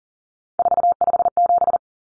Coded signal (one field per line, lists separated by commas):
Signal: Morse code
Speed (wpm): 40 wpm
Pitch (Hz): 700 Hz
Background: none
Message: 457